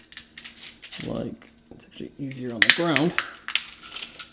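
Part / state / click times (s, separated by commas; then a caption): plastic diffuser cover into aluminum LED channel / seated / 0.1 s, 0.4 s. A plastic diffuser cover with LED strip is pressed and pinched into a small aluminum LED channel, snapping into place with sharp clicks at 0.1 s and 0.4 s. Someone talks, and more sharp clicks follow around 3.5 s.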